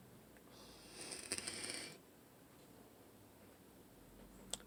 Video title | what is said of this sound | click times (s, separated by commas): Vape and vape fluid review and thoughts | once that locks in place and you're set to go | 4.5 s